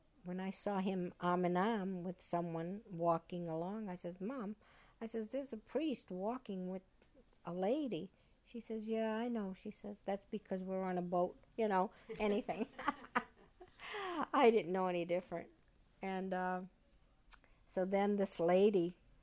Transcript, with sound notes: when I saw him arm in arm with someone walking along, I says, "Mom," I says, "there's a priest walking with a lady." She says, "Yeah, I know." She says, "That's because we're on a boat." You know, anything. ( she laughs ) I didn't know any different. So then this lady